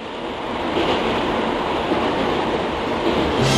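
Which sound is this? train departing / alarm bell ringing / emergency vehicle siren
train departing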